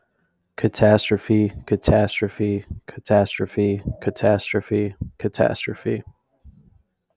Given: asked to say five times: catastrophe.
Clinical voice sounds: repeated word; male; 20 to 29 years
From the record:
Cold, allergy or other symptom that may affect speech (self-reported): no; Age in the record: 27 years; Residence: Ohio, United States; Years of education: 15

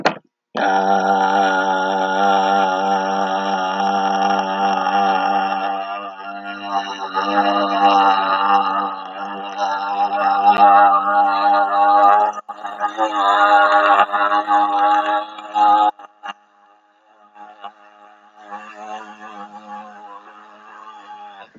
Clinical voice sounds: vowel held as long as possible; male; 40 to 49 years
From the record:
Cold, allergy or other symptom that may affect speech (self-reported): no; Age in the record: 44 years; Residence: Hawaii, United States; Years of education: 12

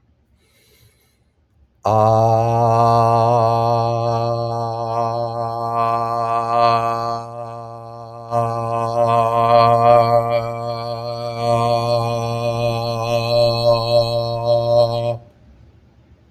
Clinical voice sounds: vowel held as long as possible; male; 20 to 29 years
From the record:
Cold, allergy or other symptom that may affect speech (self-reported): no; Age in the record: 26 years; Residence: Florida, United States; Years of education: 18

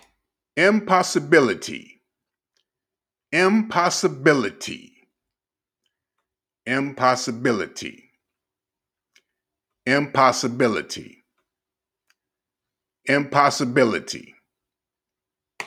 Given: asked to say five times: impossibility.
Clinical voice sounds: repeated word; male; 50 to 59 years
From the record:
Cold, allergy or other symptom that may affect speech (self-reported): no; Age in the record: 56 years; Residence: Georgia, United States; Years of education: 16

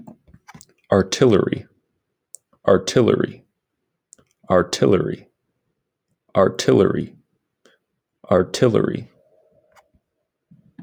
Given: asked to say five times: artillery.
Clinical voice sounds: repeated word; male; 20 to 29 years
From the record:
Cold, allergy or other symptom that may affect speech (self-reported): no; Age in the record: 26 years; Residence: Wisconsin, United States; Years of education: 16

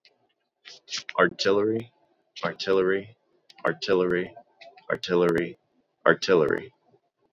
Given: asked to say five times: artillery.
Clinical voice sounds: repeated word; male; 30 to 39 years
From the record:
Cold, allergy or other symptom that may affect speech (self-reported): no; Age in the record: 33 years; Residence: Ohio, United States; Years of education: 18

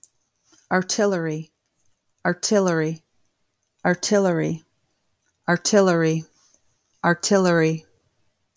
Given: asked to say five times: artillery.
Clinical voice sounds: repeated word; female; 40 to 49 years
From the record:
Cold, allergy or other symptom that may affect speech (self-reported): no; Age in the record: 42 years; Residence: Illinois, United States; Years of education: 20

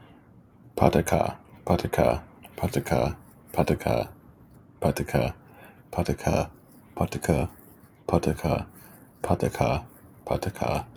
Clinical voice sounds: repeated syllables /pa ta ka/; male; 20 to 29 years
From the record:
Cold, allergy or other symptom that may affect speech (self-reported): no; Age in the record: 26 years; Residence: Arizona, United States

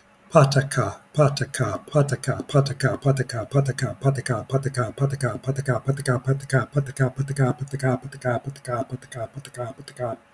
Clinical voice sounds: repeated syllables /pa ta ka/; male; 60 to 69 years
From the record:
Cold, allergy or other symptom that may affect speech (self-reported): no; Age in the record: 60 years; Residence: Virginia, United States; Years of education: 12

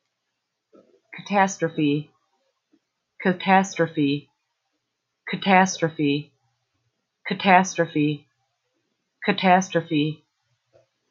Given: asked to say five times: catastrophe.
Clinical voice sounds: repeated word; female; 30 to 39 years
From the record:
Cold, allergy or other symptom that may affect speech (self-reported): yes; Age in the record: 36 years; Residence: United States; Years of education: 16

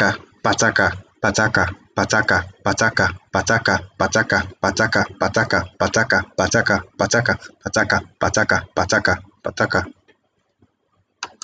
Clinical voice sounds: repeated syllables /pa ta ka/; male; 30 to 39 years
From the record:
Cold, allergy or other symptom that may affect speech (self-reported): no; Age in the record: 35 years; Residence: United States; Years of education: 16

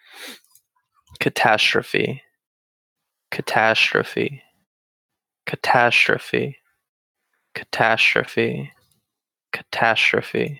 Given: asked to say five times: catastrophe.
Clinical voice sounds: repeated word; male; 20 to 29 years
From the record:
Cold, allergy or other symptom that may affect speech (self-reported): no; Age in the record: 29 years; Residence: Pennsylvania, United States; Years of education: 12

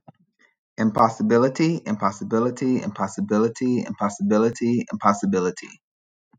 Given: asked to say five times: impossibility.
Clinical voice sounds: repeated word; male; 30 to 39 years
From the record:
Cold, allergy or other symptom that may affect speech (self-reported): no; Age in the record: 31 years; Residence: New York, United States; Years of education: 16

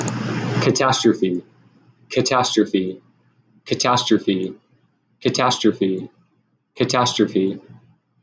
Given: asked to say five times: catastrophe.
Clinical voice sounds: repeated word; male; 20 to 29 years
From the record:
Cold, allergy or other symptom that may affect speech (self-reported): no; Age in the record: 29 years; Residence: Massachusetts, United States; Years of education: 16

